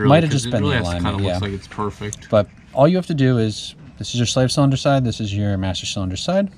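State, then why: Not seated. Someone talks while holding the slave cylinder side and master cylinder side of a clutch hydraulic line quick connect on a 1998-2011 Ford Ranger, about to push the halves together. Only speech is heard, and nothing has seated or clicked yet.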